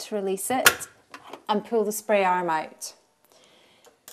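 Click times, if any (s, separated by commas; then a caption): 4.1 s. Someone talks for most of the clip about releasing a clip and pulling out the spray arm on an Electrolux dishwasher, and then faint small knocks follow. A new plastic lower spray arm is pressed onto its mount in the dishwasher and clicks into place at 4.1 s, with a short, sharp click.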